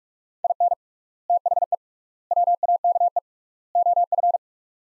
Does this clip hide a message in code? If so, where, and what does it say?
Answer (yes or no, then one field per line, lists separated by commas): yes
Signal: Morse code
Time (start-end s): 0.4-4.4 s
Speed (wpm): 41 wpm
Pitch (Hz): 700 Hz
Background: none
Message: IN THE WAKE OF